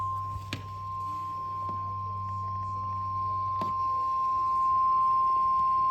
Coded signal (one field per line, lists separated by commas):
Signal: Emergency Alert System (SAME) tones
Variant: 1050 Hz attention tone